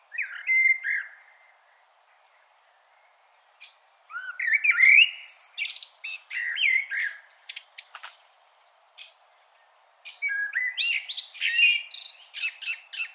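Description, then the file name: Common blackbird song: a short fluty whistle, a pause, then long runs of warbling notes dissolving into thin, high, chattering twitters, repeated after a brief break. "Turdus merula"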